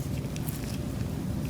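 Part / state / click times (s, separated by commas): plastic strap onto the side post of an oral sleep appliance / not seated / none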